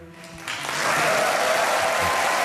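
A Dutch audience claps along to the final number of the music performance Aleppo: a brief stretch of sustained melodic tones gives way to dense crowd clapping that swells quickly and stays loud and steady to the end.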